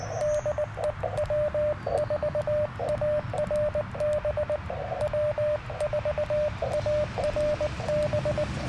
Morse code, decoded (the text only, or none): DE W4ARB W4ARB